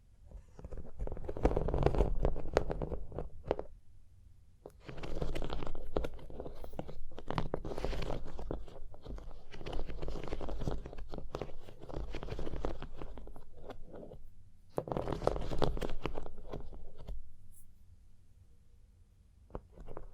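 Hypnotic surface tapping and scratching come in dense bursts of soft clicks and scrapes, pausing briefly near five, fifteen and seventeen seconds.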